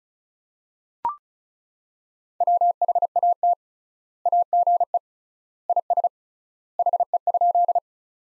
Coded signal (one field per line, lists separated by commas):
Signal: Morse code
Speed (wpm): 36 wpm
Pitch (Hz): 700 Hz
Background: none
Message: WHAT AGE IS HE?